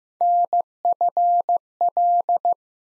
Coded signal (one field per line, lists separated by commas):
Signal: Morse code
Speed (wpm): 16 wpm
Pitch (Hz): 700 Hz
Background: none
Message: NFL